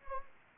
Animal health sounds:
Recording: mosquito wingbeat signal from an infrared sensor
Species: Anopheles arabiensis

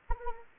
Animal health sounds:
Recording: mosquito wingbeat signal from an infrared sensor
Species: Anopheles arabiensis

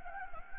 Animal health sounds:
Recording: mosquito wingbeat signal from an infrared sensor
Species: Anopheles gambiae

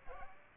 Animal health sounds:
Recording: mosquito wingbeat signal from an infrared sensor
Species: Aedes aegypti

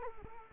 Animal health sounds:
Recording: mosquito wingbeat signal from an infrared sensor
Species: Culex quinquefasciatus

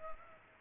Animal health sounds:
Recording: mosquito wingbeat signal from an infrared sensor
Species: Culex pipiens

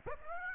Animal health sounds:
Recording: mosquito wingbeat signal from an infrared sensor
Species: Aedes aegypti

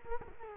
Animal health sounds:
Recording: mosquito wingbeat signal from an infrared sensor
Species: Culex quinquefasciatus

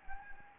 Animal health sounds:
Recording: mosquito wingbeat signal from an infrared sensor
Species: Anopheles gambiae

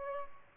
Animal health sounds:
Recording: mosquito wingbeat signal from an infrared sensor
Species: Aedes albopictus

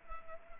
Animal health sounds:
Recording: mosquito wingbeat signal from an infrared sensor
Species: Culex pipiens

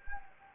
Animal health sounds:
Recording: mosquito wingbeat signal from an infrared sensor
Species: Anopheles gambiae

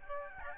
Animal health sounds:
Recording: mosquito wingbeat signal from an infrared sensor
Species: Aedes albopictus

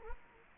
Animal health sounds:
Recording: mosquito wingbeat signal from an infrared sensor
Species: Culex quinquefasciatus

